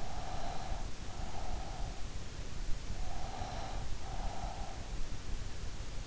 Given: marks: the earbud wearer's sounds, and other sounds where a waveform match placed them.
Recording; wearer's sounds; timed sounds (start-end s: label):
sounds in sleep by an in-ear microphone; breath
0.00-2.26 s: breath
2.97-4.98 s: breath